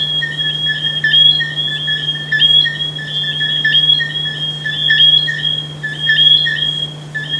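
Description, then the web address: Frog giving bright, high tonal calls that run together into a near-continuous ringing, with small clicks and a steady background hum. "humbot audio frogs"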